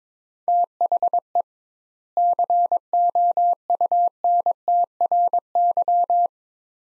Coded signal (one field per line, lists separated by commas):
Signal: Morse code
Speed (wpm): 22 wpm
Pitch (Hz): 700 Hz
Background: none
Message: THE COUNTRY